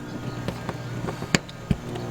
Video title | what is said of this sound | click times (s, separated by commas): RV winterizing with compressed air | and it clicks into place. | 1.4 s